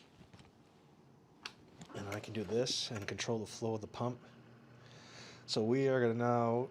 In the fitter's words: is that the actual top piece actually locks in place and